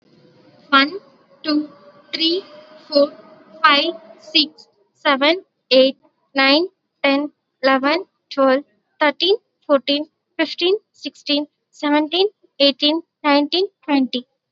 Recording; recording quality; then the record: counting at a normal pace; excellent, no background noise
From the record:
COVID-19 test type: RT-PCR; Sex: female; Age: 18 years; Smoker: no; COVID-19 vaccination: both doses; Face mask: worn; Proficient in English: yes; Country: India